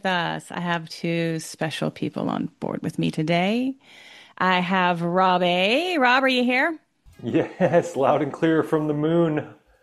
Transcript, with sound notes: I have two special people on board with me today. I have Rob A. Rob, are you here?
(laughs) Yes, loud and clear from the moon.